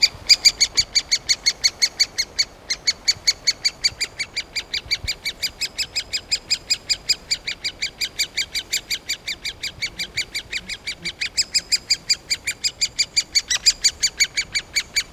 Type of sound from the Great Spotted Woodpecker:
call